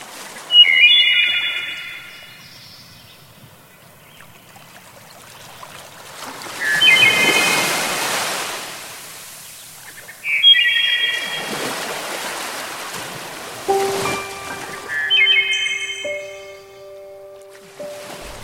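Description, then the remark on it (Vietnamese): Ocean waves tossing white foam wash in as the wind rises, with slow swelling rushes of surf that rise and fade, while short high bird chirps sound now and then over the water. “Chiếc đuôi cá của nàng cứ quẩy liên hồi, chập chờn trên những con sóng tung bọt trắng xóa.”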